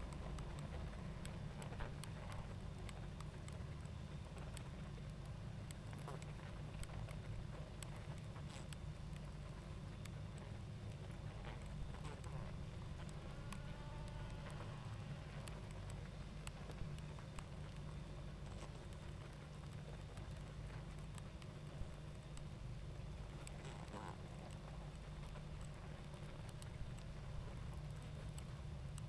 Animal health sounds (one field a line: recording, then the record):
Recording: honeybee colony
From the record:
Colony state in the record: active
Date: 28 July 2017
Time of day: 20:53